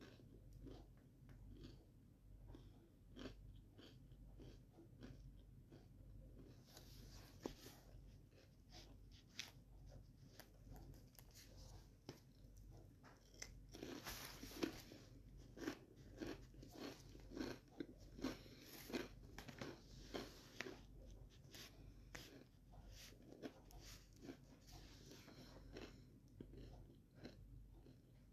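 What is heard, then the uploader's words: Crunchy sandwiches being made and eaten, with dense, irregular crisp crunches and chewing clicks over a steady low hum, busiest from seven to twenty-three seconds. Making crunchy sandwiches and eating them.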